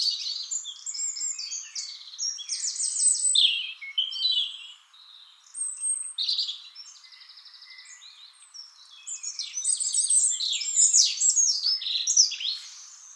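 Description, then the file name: European robin delivering continuous high, tumbling phrases, with sweet whistles, rapid trills and scratchy notes alternating, barely pausing throughout. "Erithacus rubecula"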